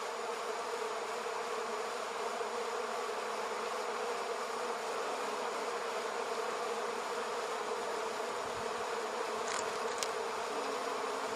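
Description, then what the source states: Bees buzzing, a dense, steady drone of many insects throughout, with a couple of brief high clicks near the end. Multiple bees in an almond orchard.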